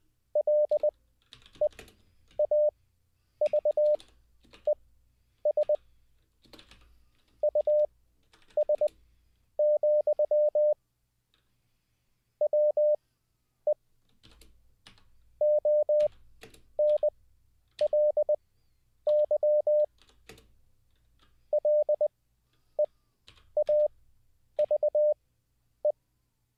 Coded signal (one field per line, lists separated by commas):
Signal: Morse code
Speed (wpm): 20 wpm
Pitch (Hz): 600 Hz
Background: none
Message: LEAVES US, WE ONLY LEAVE